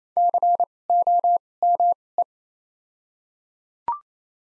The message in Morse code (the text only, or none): C O M E